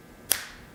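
A plastic cap is pushed onto a marker against some resistance until it clicks into place at 0.3 s, giving a single sharp, bright click over a quiet background. The click means the cap is seated properly, nice and tight, so the marker won't dry out.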